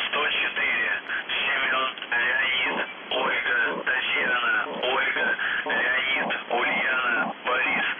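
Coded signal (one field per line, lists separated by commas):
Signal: numbers station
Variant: UVB-76, Russian voice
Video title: The Buzzer/UVB-76(4625Khz) May 3, 2021 13:04UTC Voice message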